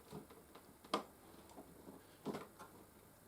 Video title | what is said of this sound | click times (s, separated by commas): Sebo Automatic X7 Pet Unboxing & Quick Demo/Review | was a little click he probably didn't hear it on camera I did it was more of a am small | 0.9 s